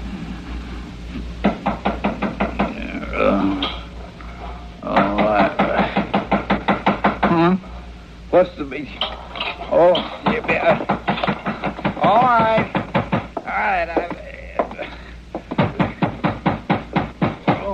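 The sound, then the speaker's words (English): Rapid, insistent knocking on a locked door comes in several loud bursts of sharp raps separated by short pauses, with a voice briefly calling out between them. “What have you got the door locked for?”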